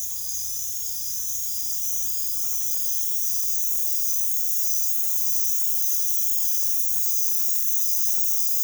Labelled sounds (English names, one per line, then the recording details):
none
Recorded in pastures near Puerto Asís, Putumayo, Colombia, on 21 December 2024 at 23:00
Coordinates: 0.487, -76.322
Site GP09